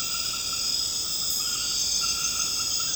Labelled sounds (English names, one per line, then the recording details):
none
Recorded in secondary vegetation near Puerto Asís, Putumayo, Colombia, on 21 March 2025 at 21:00
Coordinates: 0.485, -76.322
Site G040